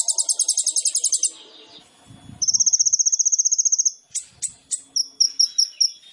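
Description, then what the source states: Sunbird song: a doubled buzzy trill, a pause, a long even trill of high notes, then quick sharp notes and a row of thin, evenly spaced chips. Training song (masteran) of a lively (gacor) singer, full of filler phrases (isian) and shot-like bursts (tembakan), suited as pancingan to prompt other birds to sing.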